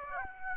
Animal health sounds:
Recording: mosquito wingbeat signal from an infrared sensor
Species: Aedes aegypti

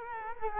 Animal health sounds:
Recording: mosquito wingbeat signal from an infrared sensor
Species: Culex quinquefasciatus

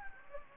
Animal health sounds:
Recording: mosquito wingbeat signal from an infrared sensor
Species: Anopheles gambiae

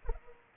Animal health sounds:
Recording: mosquito wingbeat signal from an infrared sensor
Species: Culex pipiens

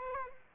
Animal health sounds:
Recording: mosquito wingbeat signal from an infrared sensor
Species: Aedes aegypti

